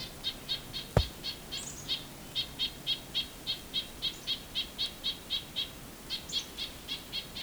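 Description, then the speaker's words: Nuthatch calls: a fast series of short nasal notes, about four per second, with two short pauses, a brief sharp click near the start and faint higher chips. Nuthatches unhappy about something and making quite a racket, on the Bruce Trail near Lion's Head, Bruce Peninsula, the day after the Tobermory Christmas Bird Count. "Nuthatches are making quite a racket."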